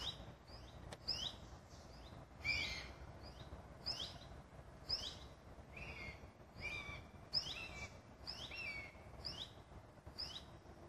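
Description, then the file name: Common buzzard young calling with thin, high, falling squeals in irregular series over a low steady background noise. "ruf nachwuchs maeusebussard"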